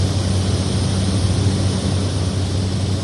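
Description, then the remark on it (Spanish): A propeller airplane engine at an aircraft factory in Venezuela drones steadily, a loud, constant roar with a deep low-pitched hum and broad rushing noise on top, holding even for the whole stretch with no talking. “El plan es ambicioso, buscan que todo sea hecho en Venezuela en esta fábrica de aviones.”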